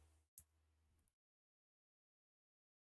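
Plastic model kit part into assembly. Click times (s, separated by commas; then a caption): 0.4 s. A plastic model kit part is pressed into place in its assembly and clicks home with a single sharp click at 0.4 s, over a faint low hum. The hum stops at about 1.1 s, followed by silence, and the part is seated.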